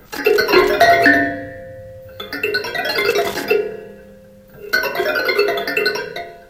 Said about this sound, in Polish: Ktoś dzwoni.